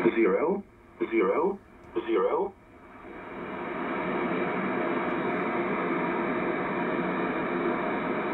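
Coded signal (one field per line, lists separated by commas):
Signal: numbers station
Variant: E07a "The English Man"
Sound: three short spoken words about a second apart, then steady radio hiss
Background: radio static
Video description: This is E07a "The English Man"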